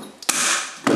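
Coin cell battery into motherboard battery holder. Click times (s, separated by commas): 0.3 s, 0.9 s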